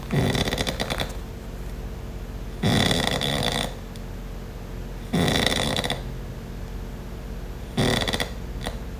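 Three loud, creaking, rasping snores, each a little more shallow than the last, come about every two and a half seconds from an adult man sleeping very deeply on the floor after a night of drinking. They sound like a creaking horror-movie door opening.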